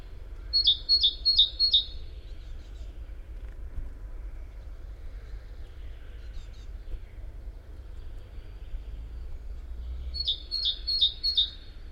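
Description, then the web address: Great tit repeating two-note phrases in two bursts of about four each, separated by several seconds of low background noise. "SETE Parus major"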